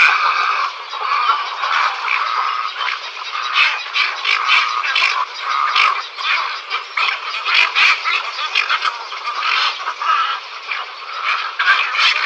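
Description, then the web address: Cattle egret calls: dense, continuous harsh croaking chatter, swelling and fading throughout. "Schulze Peter Cattle Egret"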